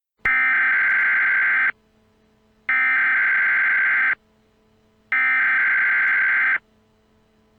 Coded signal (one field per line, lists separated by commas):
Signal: Emergency Alert System (SAME) tones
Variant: header bursts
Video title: Eas Scenario: IT chapter 2 Rioting (Re uploaded)